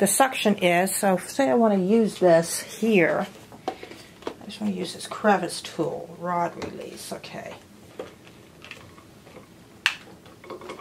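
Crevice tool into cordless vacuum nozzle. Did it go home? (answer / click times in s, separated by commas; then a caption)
yes / 9.9 s. Someone talks while a plastic crevice tool is pushed onto the nozzle of a DEIK 2 in 1 cordless vacuum cleaner, with a few soft handling knocks along the way. A sharp, loud click at 9.9 s marks the crevice tool latching firmly into place.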